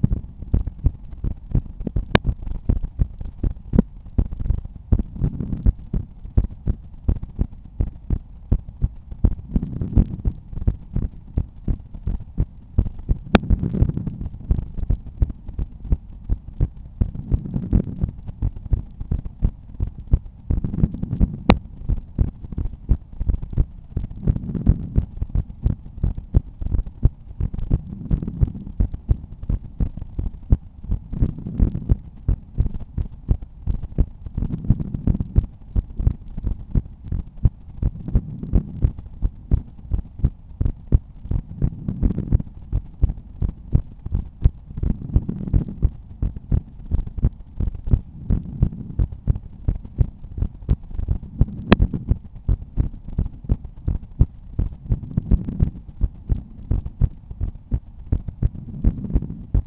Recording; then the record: heart sounds by stethoscope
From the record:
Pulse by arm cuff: 87 bpm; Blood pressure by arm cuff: 124/86 mmHg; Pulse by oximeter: 87 bpm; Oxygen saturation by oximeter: 97%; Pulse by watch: 82 bpm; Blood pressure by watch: 113/75 mmHg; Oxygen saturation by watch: 97%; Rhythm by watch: sinus rhythm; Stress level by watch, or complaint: low stress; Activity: after 1 min smoking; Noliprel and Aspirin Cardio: after pills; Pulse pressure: 38 mmHg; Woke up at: 6:50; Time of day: 22:08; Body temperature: 36.6 C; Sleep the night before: 8 h 16 min, score 66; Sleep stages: REM 20%, light 64%, deep 6%, awake 10%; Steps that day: 6850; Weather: rain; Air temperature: 17.2 C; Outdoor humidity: 90%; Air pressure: 1010 hPa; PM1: 1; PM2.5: 3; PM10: 3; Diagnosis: hypertension, treated with Noliprel and Aspirin Cardio 100 mg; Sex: male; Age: 53 years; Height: 174 cm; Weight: 81 kg